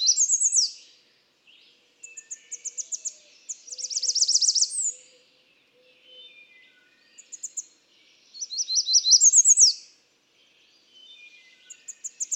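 American redstart singing high, sibilant phrases of quick repeated notes that swell in loudness, separated by short pauses.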